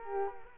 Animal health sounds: mosquito wingbeat signal from an infrared sensor; Culex quinquefasciatus

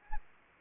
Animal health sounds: mosquito wingbeat signal from an infrared sensor; Aedes aegypti

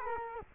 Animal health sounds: mosquito wingbeat signal from an infrared sensor; Culex quinquefasciatus

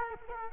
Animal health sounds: mosquito wingbeat signal from an infrared sensor; Culex quinquefasciatus

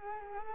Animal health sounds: mosquito wingbeat signal from an infrared sensor; Culex quinquefasciatus

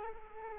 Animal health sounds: mosquito wingbeat signal from an infrared sensor; Culex quinquefasciatus

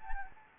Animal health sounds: mosquito wingbeat signal from an infrared sensor; Anopheles gambiae

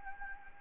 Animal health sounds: mosquito wingbeat signal from an infrared sensor; Anopheles gambiae

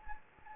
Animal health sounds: mosquito wingbeat signal from an infrared sensor; Anopheles gambiae

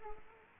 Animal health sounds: mosquito wingbeat signal from an infrared sensor; Aedes aegypti

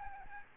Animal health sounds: mosquito wingbeat signal from an infrared sensor; Aedes albopictus

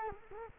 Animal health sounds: mosquito wingbeat signal from an infrared sensor; Culex quinquefasciatus

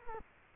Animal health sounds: mosquito wingbeat signal from an infrared sensor; Culex quinquefasciatus

